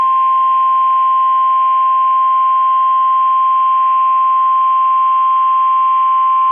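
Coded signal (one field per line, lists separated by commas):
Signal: Emergency Alert System (SAME) tones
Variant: 1050 Hz attention tone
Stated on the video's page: Required weekly test from a weather radio station after it returned to the air.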